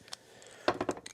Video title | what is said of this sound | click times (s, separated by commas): 2007 Honda CR85RB Ep116 | And that just has to push down inside that groove. You'll hear it snap in. | 0.7 s